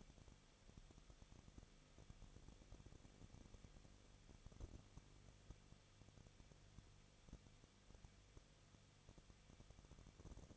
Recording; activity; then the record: daily activity, microphone in the room; no activity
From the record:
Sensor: 4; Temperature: 23.0 degrees Celsius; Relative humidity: 34.0%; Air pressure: 1007.4 hPa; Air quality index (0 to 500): 213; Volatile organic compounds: 14 ppm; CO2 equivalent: 2452 ppm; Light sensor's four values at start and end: 2/3/1/1 and 2/3/1/1